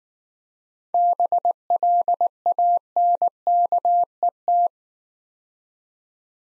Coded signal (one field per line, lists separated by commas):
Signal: Morse code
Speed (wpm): 19 wpm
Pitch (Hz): 700 Hz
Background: none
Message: BLANKET